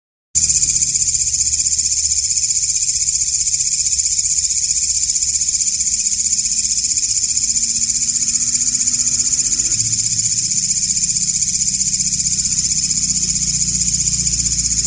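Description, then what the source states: Grasshopper-type insect call begins abruptly after brief silence, then a constant high, pulsing buzz of fast, regular strokes running unbroken to the end. Walang ngapak grasshopper, latest version, with 30-second pauses.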